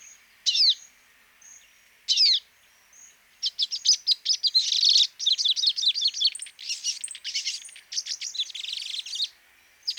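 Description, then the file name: Olive-backed sunbird song: high thin sweeping notes, then a rapid jumbled run of sharp chips and twittering trills, with faint steady high whistles in the background. "Cinnyris Frenatus"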